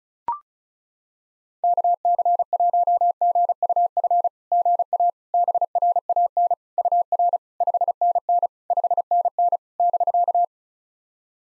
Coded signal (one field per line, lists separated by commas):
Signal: Morse code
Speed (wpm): 36 wpm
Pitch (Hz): 700 Hz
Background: none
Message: KC1GUF GA BRAN UR 5NN 5NN <BK>